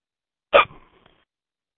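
An adult woman gives a single short, sharp hiccup, an abrupt voiced catch in the throat. Her hiccups get worse when she laughs.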